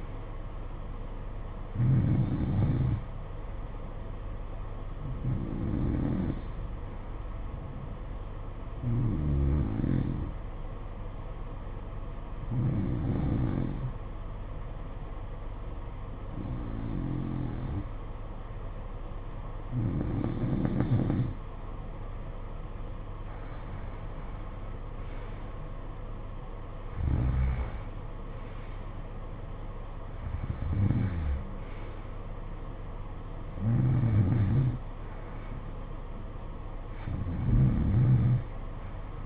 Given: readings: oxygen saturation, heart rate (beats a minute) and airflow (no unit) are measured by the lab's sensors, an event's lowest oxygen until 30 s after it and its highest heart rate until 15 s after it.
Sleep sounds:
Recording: breathing in sleep by a smartphone at the bedside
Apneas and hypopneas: 1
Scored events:
6.00-24.30 s: hypopnea (N2, oxygen 93% highest, then 89% lowest, heart rate 57 at the start, 64 highest)
From the record:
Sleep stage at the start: N2 (light sleep)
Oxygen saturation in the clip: 89 to 93%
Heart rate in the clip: 55 to 64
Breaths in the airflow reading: 11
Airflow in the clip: -12.2 to 10.7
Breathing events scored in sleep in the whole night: 476 in 9.7 hours asleep

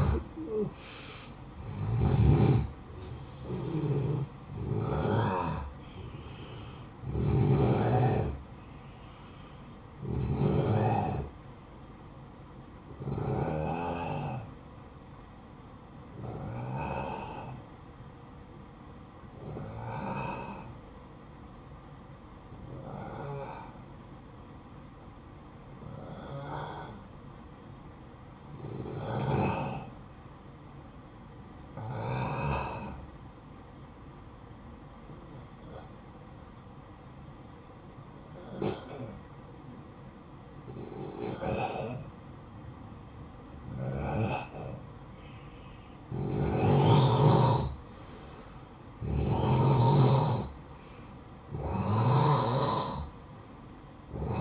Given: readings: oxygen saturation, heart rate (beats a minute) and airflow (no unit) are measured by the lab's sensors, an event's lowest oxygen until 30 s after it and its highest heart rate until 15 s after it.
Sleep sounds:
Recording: breathing in sleep by a smartphone at the bedside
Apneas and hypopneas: 1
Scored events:
15.00-48.40 s: hypopnea (N1, oxygen 94% highest, then 88% lowest, heart rate 56 at the start, 62 highest)
21.00-54.41 s: new sleep stage, N2 (light sleep)
From the record:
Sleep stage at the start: N1 (lightest sleep)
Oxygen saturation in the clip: 86 to 94%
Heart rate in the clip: 53 to 69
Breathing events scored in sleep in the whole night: 573 in 9.8 hours asleep

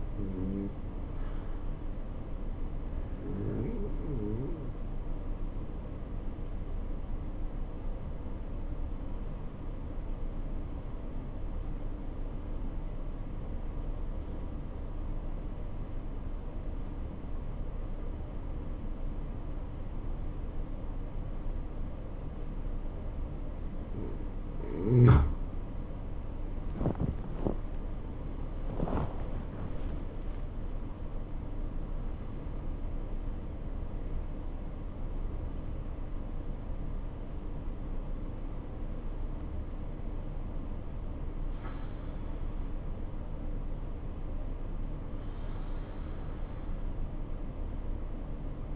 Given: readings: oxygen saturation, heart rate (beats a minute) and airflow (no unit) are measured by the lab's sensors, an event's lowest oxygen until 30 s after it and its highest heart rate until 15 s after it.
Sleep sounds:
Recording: breathing in sleep by a smartphone at the bedside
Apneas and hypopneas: 1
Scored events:
3.00-25.30 s: obstructive apnea (N2, oxygen 94% highest, then 88% lowest, heart rate 69 at the start, 78 highest)
From the record:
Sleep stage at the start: N2 (light sleep)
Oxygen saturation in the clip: 89 to 94%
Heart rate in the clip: 66 to 78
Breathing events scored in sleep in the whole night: 277 in 7.4 hours asleep

